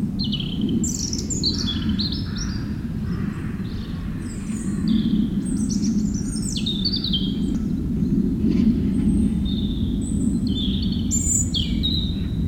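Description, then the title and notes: European robin pouring out varied high twittering phrases with few pauses while a loud low roar of aircraft fills the background. Singing in the huge Meerdaalbos forest, Oud-Heverlee, Belgium, with planes taking off. "3051 Oud-Heverlee, Belgium - Meerdaalbos. Into the huge forest called Meerdaalbos, the European Robin singing, and planes takeoffs"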